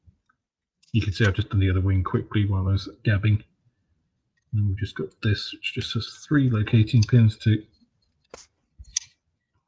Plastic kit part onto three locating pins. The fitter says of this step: get that satisfying snap